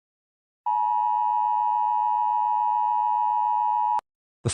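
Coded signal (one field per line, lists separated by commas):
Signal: Emergency Alert System (SAME) tones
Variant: 853 and 960 Hz attention tone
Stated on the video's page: Fictional EAS scenario, simulated, with text-to-speech.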